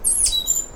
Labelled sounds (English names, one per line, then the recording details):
Stitchbird song
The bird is a male
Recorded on Tiritiri Matangi Island, New Zealand, in 2005
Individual 1, of nest box 1